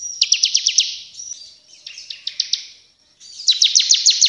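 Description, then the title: Bar-winged prinia song, quick high chipping notes in a fast series, a softer broken stretch, a gap, then another bright rapid burst. Actively singing bird; training recording for other cage birds; described as delivering three song types. "Ciblek gacor nembak 3 lagu untuk masteran"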